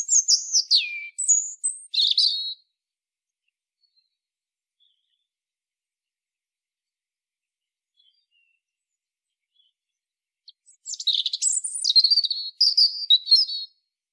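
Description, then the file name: European robin song: a sweet, high warbled phrase with a descending whistle, a long silence of about eight seconds, then another rapid twittering phrase. "Erithacus rubecula"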